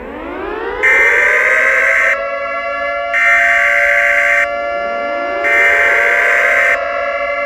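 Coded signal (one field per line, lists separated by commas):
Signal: Emergency Alert System (SAME) tones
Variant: header bursts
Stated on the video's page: Simulated EAS alert in a fictional scenario.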